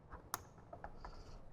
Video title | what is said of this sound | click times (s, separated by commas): Infinity Kappa Perfect Plug & Play Audio System Installation - 2014 - 2023 Harley-Davidson | so there's the click now as far as running it | 0.3 s